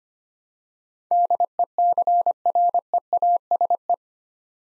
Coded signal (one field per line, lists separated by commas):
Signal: Morse code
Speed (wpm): 25 wpm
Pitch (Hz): 700 Hz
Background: none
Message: DECREASE